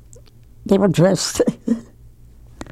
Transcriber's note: she laughs